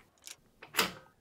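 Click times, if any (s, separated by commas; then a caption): 0.8 s. A camera with a quick release plate attached is snapped into the quick release clamp on the ball head of an Arkon overhead table clamp mount. A light tick near 0.3 s and a sharper contact at 0.6 s lead into a loud, crisp click at 0.8 s. The plate seats firmly in the clamp.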